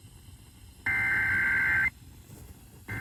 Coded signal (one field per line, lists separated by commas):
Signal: Emergency Alert System (SAME) tones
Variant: header bursts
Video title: Oregon's RMT (EAS #3714-3719)